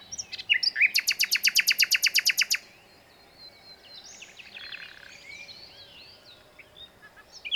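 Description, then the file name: Common nightingale song: a loud, rapid run of many sharp clicking notes, then softer warbled and twittering phrases before a final burst. "Luscinia megarhynchos"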